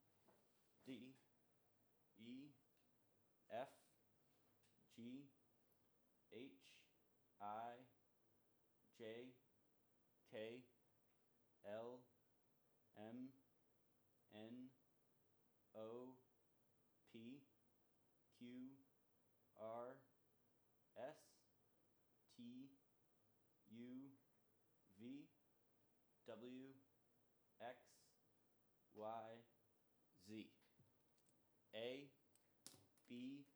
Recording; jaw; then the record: letters of the alphabet, spoken; free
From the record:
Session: first day, before the bite bar